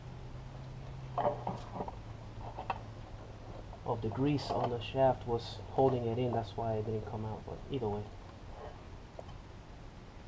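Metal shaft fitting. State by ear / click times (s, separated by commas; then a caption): not seated / none. On an FA5 Civic Mugen Si during a cracked engine block replacement, a clutch release part with its safety clip is handled on its greased transmission shaft. Someone talks, with a few small knocks and taps of handling in between. Nothing has seated or clicked yet, because the safety clip had not been installed and the grease on the shaft was holding the part in place.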